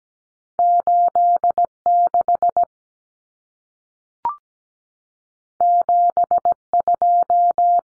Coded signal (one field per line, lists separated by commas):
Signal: Morse code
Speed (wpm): 17 wpm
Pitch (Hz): 700 Hz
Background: none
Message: 86 72